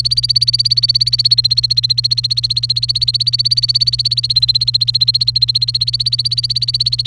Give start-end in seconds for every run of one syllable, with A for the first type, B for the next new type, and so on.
0.00-7.07 A